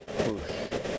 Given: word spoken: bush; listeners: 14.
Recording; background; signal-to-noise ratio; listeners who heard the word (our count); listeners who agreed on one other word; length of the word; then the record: one English word in noise, from a listening test; noise modulated by three-talker babble; -5.2 dB; 2 of 14; 12 of 14; 0.58 s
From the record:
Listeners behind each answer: 12, 2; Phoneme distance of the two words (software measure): 10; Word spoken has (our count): 1 syllable, 3 phonemes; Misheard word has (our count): 1 syllable, 3 phonemes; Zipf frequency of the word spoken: 4.29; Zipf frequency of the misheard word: 4.92